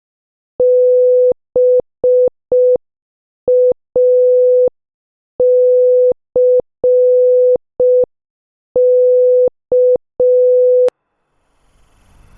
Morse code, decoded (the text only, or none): BACK